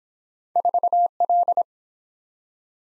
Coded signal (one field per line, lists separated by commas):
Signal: Morse code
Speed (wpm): 23 wpm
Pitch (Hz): 700 Hz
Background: none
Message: 4L